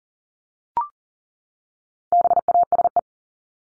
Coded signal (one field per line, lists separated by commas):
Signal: Morse code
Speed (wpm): 40 wpm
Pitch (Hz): 700 Hz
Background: none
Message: BASE